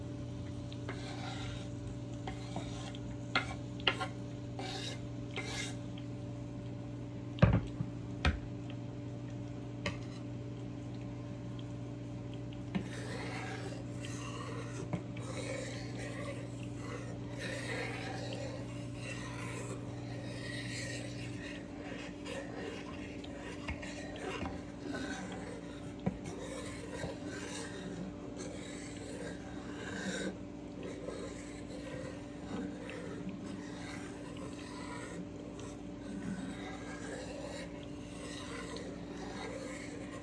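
Tomatoes are sliced on a cutting board, with soft scraping and rubbing strokes throughout. Sharper knife taps land irregularly, a firm one near seven seconds and others around 14, 26 and 30 seconds. A steady low hum sits underneath, dropping partly away after about 21 seconds.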